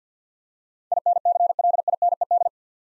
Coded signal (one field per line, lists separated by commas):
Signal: Morse code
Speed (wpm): 53 wpm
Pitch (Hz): 700 Hz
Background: none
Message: INCLINED